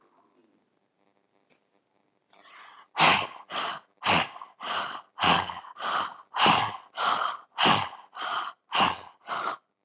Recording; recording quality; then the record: shallow breathing; excellent, no background noise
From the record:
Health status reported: healthy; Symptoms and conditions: none ticked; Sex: female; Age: 45 years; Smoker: not ticked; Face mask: not worn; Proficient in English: yes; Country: India